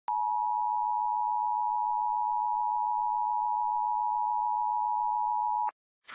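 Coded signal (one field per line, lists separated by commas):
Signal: Emergency Alert System (SAME) tones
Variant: 853 and 960 Hz attention tone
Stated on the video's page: Civil emergency message carrying a statewide Silver Alert.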